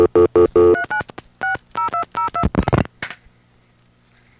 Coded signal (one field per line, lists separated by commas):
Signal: DTMF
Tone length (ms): 110 ms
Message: 39 60202